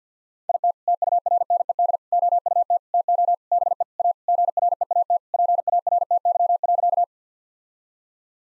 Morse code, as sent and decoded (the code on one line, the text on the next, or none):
.. - / - ..- .-. -. . -.. / --- ..- - / - --- / -... . / .- / --. .-. . .- - / .--. .- .-. - -.-- .-.-.-
IT TURNED OUT TO BE A GREAT PARTY.